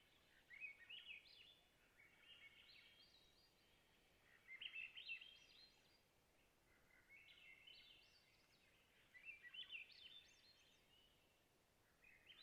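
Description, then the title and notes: Swainson's thrush song, fluting phrases spiralling upward, repeated every few seconds over a quiet hiss. Spring twilight night at a clear boreal taiga lake among white spruce and mosses, Long Lake, Talkeetna, Alaska; 49-61°F, light to no wind; double mid-side stereo, MKH8040 and MKH30. "Swainson's Thrush - Catharus Ustulatus - surrounded. Location: Long Lake, Talkeetna, AK"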